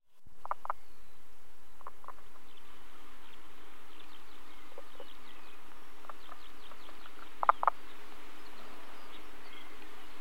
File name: løgfrø